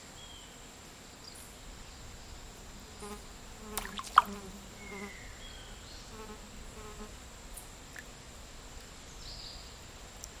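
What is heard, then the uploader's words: Midday in a dry forest in Nosara, Costa Rica, with a steady insect drone and a thin high whine holding throughout. Faint buzzing passes and soft low murmurs drift through, and a couple of sharp clicks stand out just before the four-second mark. Costa Rican Dry forest. Around midday in a dry forest in Nosara, Guanacaste.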